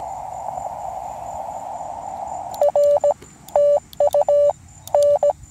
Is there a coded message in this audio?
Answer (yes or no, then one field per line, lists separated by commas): yes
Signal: Morse code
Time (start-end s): 2.6-5.3 s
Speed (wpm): 17 wpm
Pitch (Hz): 580 Hz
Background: none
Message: R TU N